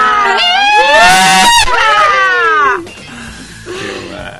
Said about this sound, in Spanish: haciendo esa lengua nativa, ese grito de ese cuando de celebración, no, de fuerza